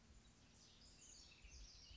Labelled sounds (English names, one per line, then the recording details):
House Wren
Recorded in Sonoma County, California